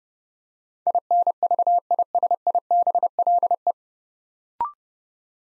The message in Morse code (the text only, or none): INVISIBLE